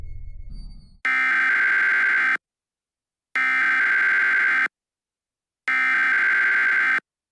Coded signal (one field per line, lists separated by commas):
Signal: Emergency Alert System (SAME) tones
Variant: header bursts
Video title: EAS Scenario: Cold Infected Aliens